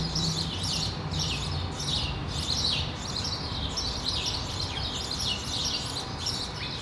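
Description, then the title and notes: Sparrows chirping busily, many overlapping cheeps in a continuous chatter, with low rumbling noise underneath. Sparrows on Rue de l'épargne, Brussels, Belgium, on World Sparrow Day; Lom mikroUši microphones into Deity PR-2 recorder. "Rue de l'épargne, Bruxelles, Bruxelles-Capitale, Belgique - World Sparrow Day. Sparrows - moineaux"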